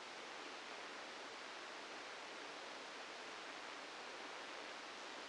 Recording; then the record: brain microelectrode recording played as sound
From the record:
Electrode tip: outside the subthalamic nucleus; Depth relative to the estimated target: 4 mm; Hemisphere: right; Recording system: NeuroSet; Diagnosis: Parkinson's disease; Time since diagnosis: 8 years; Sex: male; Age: 65 years